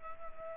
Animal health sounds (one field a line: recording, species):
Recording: mosquito wingbeat signal from an infrared sensor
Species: Culex pipiens